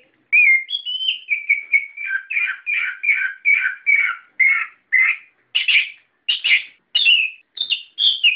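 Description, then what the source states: Songbird song: a steady run of repeated buzzy chirped notes, then higher sharper whistles with short gaps. Masteran recording, used to train other cage birds to sing.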